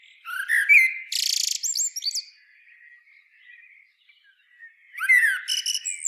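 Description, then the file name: Common blackbird song: warbled whistles and a harsh buzzy squeak, a quiet gap, then another burst of fluty notes with high chirps. "Turdus merula"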